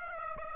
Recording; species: mosquito wingbeat signal from an infrared sensor; Aedes aegypti